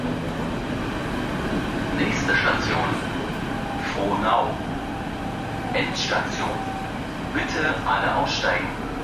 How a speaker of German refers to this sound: Nach Frohnau kommen wir mit der S-Bahn.